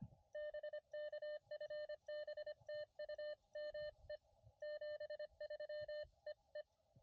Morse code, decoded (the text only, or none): BK FB TU ME 73 EE